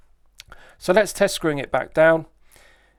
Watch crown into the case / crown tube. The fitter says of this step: pushing it back in it's got a nice positive click and that restarts the movement